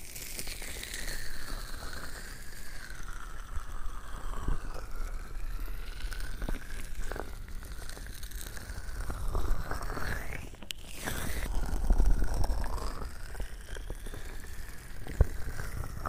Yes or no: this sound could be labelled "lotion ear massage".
yes